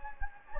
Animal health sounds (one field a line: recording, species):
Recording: mosquito wingbeat signal from an infrared sensor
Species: Anopheles gambiae